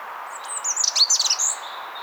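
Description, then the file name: European robin with a brief, jumbled phrase of high squeaky and slurred notes, rising and falling quickly, over a low steady hiss. "Erithacus rubecula"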